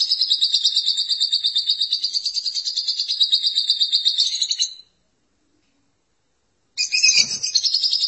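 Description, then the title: Lovebird song: high, buzzy chatter pulsing rapidly for nearly five seconds, then silence, then a harsh burst as the chattering resumes. "BM Suara Burung Lovebird"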